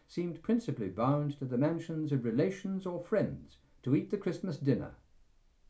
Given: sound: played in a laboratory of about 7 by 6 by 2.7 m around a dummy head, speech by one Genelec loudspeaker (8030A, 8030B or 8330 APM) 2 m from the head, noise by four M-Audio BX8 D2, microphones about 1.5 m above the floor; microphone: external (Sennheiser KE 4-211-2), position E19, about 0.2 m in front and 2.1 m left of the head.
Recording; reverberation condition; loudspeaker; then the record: male speech in English; low; 60 degrees to the left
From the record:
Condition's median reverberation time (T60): about 310 ms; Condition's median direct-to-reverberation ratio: about 3.5 dB